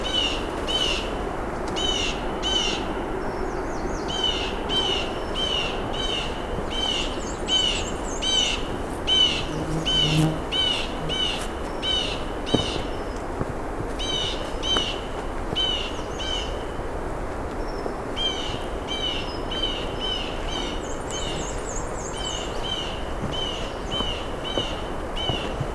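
Birdsong of warblers, blackbirds and jays fills the clip, with rapid repeated high chirps and trills sounding steadily, a brief pause near 16 seconds, then resuming. A constant low rumbling hiss runs underneath, with a soft low thump around 10 seconds.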